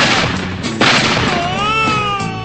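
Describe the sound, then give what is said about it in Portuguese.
A single loud gunshot blast sound effect, played to wake someone up, bursts out over a rumbling background, followed by a wavering, high-pitched tonal wail that bends down and back up as the noise lingers. “Lá vai fogo, Zé. Vai chumbo. Vai chumbo quente, Zé.”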